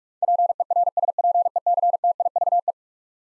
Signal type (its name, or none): Morse code